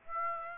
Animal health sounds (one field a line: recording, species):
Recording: mosquito wingbeat signal from an infrared sensor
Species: Aedes aegypti